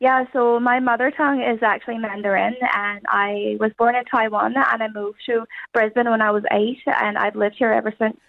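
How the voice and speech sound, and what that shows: Adult woman, a Taiwan-born native Mandarin speaker raised in Brisbane since age 8, speaking English with an Irish-sounding accent. Foreign accent syndrome that began on waking after a tonsil operation, still present about two weeks later.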